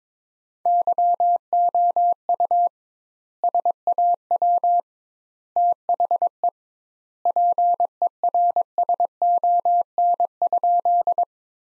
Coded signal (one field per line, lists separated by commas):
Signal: Morse code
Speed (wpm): 22 wpm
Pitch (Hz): 700 Hz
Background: none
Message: YOU SAW THE PERSON?